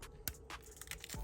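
The plastic plug at the end of an LED sidemarker lead on a Mk6 GTI is pushed into the resistor harness connector. It clicks in sharply at 0.3 s, followed by a few softer handling ticks, and the connector is seated.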